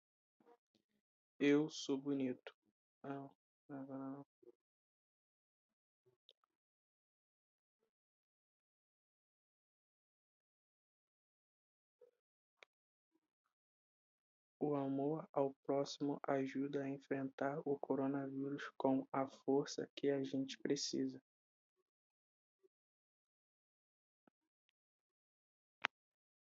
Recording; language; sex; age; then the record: spoken sentence; Brazilian Portuguese; male; 18 to 19 years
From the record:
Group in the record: control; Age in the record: 19 years